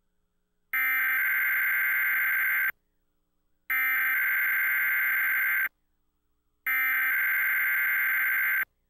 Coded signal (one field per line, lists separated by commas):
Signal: Emergency Alert System (SAME) tones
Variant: header bursts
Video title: Xfinity EAS Test - March 19, 2019 | Minnesota (VHS)